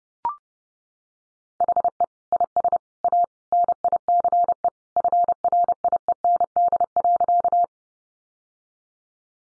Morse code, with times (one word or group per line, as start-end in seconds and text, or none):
1.6-2.0 HE
2.3-2.8 IS
3.0-3.2 A
3.5-4.7 NICE
5.0-7.6 FRIEND.